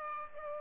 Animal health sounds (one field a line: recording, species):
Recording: mosquito wingbeat signal from an infrared sensor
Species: Aedes aegypti